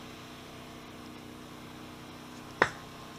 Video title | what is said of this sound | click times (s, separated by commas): Exposition Series - Servicing HotBits Coilovers Part 2: Lubrication and Reassembly | we go heared that little click that went through that time so | 2.6 s